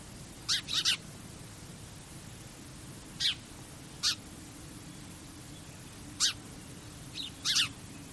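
Bird calls: short, harsh, sharply descending shrieks given singly or in quick pairs at irregular intervals over a steady low background hiss.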